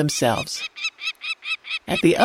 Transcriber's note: Cakking of a Peregrine